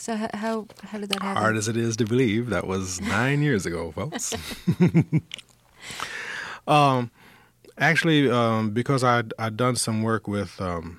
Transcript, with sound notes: So how did that happen?
Hard as it is to believe, that was nine years ago, folks. (LAUGHTER) Well, actually, because I'd done some work with